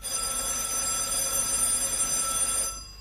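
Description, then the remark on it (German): A telephone rings in one continuous, bright, high-pitched burst lasting almost three seconds before cutting off abruptly, with no voices present. “Aber still. Das Telefon.”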